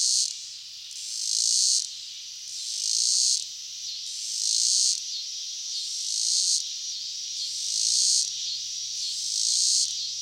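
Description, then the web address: Robinson's cicada song: a steady, dense buzzing drone that pulses up and down in loudness about every one and a half seconds, never stopping. "The Songs of Insects. Robinson's Cicada"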